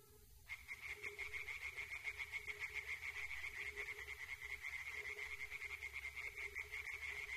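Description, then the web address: Tree frog chorus starting abruptly after half a second, then dense quick pulsed calls throbbing on without a break. Chorus of tree frogs in a primeval forest. "Przyroda Tajemnice puszczy Koncert rzekotek"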